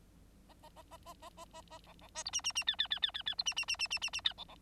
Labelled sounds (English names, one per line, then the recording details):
Bengalese Finch song
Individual Bird9